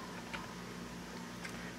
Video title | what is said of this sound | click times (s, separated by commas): How to Replace RAM/Memory in a Laptop Computer | And then I push straight down, and you can hear it click. | 1.4 s